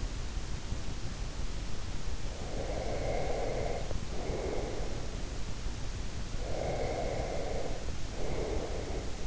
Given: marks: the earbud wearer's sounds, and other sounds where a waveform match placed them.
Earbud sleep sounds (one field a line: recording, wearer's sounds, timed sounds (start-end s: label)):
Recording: sounds in sleep by an in-ear microphone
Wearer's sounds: breath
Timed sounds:
2.14-5.24 s: breath
6.43-9.27 s: breath